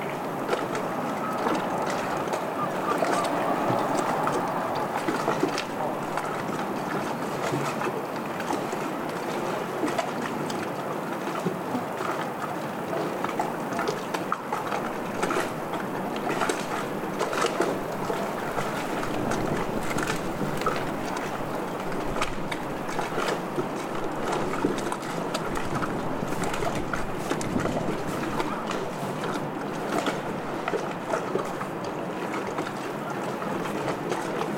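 Stormy harbour ambience: a thick, steady rush of wind and water fills the whole clip without letup. Short bursts of splashing and clatter flicker through it constantly, growing busier in the second half, while very little sits in the deep low end.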